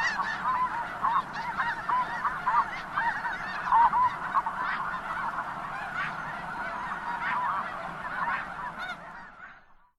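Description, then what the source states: Snow goose flock giving continuous nasal honks, many overlapping calls throughout before the sound fades out at the end. Tundra habitat.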